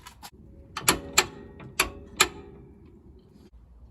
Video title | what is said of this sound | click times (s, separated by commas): DIY - 2012 Range Rover Sport SDV6: Change the front upper control arm bushings and ball joints | and the crow foot extension with a torque wrench. Here is satisfying click number two. | 0.9 s